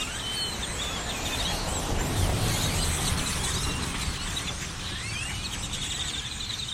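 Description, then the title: Birds chatter steadily as a crowd, with thin whistles and squeaks overlapping throughout, over a continuous low rumble. Birds perched on electrical lines, Austin, Texas, USA, January 2012; binaural, made while cycling through the USA. "Birds on electrical lines - Binaural field recording, Austin, Texas, 01 2012"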